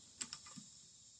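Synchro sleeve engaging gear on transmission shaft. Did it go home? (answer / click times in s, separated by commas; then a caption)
yes / 0.2 s. On a disassembled Honda Civic S20 A000 manual transmission, the shift sleeve is slid up over the synchro so its teeth engage with the gear on the shaft. A small, sharp metallic click at 0.2 s, followed by a fainter tick at 0.3 s, marks the sleeve locking the synchros into place, and it is seated.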